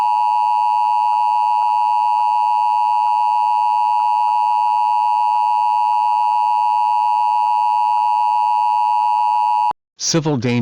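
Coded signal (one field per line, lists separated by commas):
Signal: Emergency Alert System (SAME) tones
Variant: 853 and 960 Hz attention tone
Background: speech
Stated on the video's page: Old fictional EAS scenario; simulated alert.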